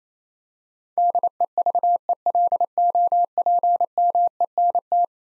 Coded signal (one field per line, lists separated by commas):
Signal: Morse code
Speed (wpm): 27 wpm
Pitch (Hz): 700 Hz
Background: none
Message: DEVELOPMENT